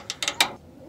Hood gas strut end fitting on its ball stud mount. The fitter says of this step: pop this part off right here and then